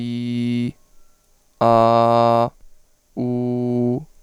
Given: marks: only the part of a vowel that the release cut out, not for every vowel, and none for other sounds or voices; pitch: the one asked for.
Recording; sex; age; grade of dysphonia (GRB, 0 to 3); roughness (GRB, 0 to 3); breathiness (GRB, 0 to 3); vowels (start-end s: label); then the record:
sustained vowels; male; 20 to 29 years; 0; 0; 0
0.00-0.65 s: vowel /i/, normal pitch
1.67-2.42 s: vowel /a/, normal pitch
3.25-3.91 s: vowel /u/, normal pitch
From the record:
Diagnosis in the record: contact pachydermia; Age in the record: 29 years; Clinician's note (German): Kontaktpachydermie ohne "Kontaktpachydermie"